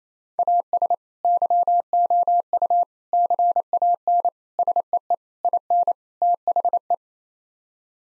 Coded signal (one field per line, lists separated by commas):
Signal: Morse code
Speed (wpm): 28 wpm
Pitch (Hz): 700 Hz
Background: none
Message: AS YOU CAN SEE IN THE